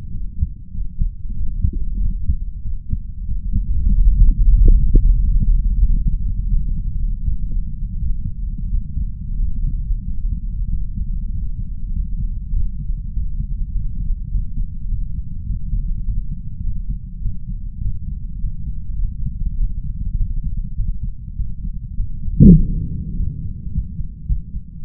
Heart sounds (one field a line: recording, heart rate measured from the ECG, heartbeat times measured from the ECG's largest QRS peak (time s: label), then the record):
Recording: heart sounds by stethoscope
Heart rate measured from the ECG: 97 bpm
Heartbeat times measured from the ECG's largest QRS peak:
0.11 s: heartbeat
0.71 s: heartbeat
1.33 s: heartbeat
1.98 s: heartbeat
2.61 s: heartbeat
3.25 s: heartbeat
3.88 s: heartbeat
4.49 s: heartbeat
5.12 s: heartbeat
5.78 s: heartbeat
6.48 s: heartbeat
7.22 s: heartbeat
7.97 s: heartbeat
8.69 s: heartbeat
9.39 s: heartbeat
10.04 s: heartbeat
10.69 s: heartbeat
11.31 s: heartbeat
11.92 s: heartbeat
12.52 s: heartbeat
13.12 s: heartbeat
13.71 s: heartbeat
14.30 s: heartbeat
14.88 s: heartbeat
15.45 s: heartbeat
16.04 s: heartbeat
16.62 s: heartbeat
17.21 s: heartbeat
17.80 s: heartbeat
18.39 s: heartbeat
18.98 s: heartbeat
19.56 s: heartbeat
20.16 s: heartbeat
20.75 s: heartbeat
21.36 s: heartbeat
21.95 s: heartbeat
22.55 s: heartbeat
23.15 s: heartbeat
23.71 s: heartbeat
24.26 s: heartbeat
24.81 s: heartbeat
From the record:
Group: healthy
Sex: male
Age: 33 years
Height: 179 cm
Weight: 80.4 kg